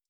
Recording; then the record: hydrophone in a shrimp aquaculture tank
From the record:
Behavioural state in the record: stressed